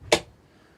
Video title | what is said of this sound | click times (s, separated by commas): Best Budget Table Saw of 2025 - Evolution R255TBL+ | it makes a click and then | 0.1 s